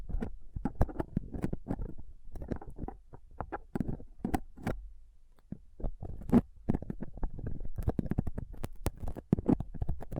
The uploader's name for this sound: Rough Mic Picking using Dental PickTweezersCotton Swab